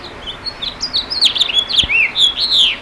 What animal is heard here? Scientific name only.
Haemorhous mexicanus